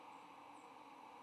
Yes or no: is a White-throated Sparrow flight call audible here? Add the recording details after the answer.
no. No flight call is heard. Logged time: 11:03 on 8 November 2014